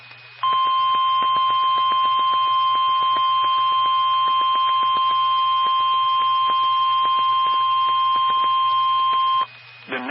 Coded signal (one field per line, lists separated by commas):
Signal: Emergency Alert System (SAME) tones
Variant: 1050 Hz attention tone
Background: speech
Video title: Severe Thunderstorm Warning (EAS 201)